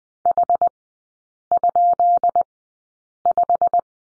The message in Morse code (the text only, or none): H?5